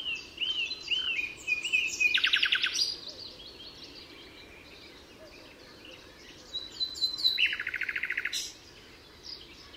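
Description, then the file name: Common nightingale song: whistled and chattering phrases broken by two fast, buzzy trills of rapidly repeated notes, with quiet pauses between phrases. Recorded at Altmühlsee on 27 April 2014. "Nachtigall. Altmuehlsee. Susanne Rieck"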